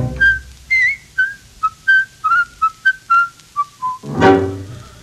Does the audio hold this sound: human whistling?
yes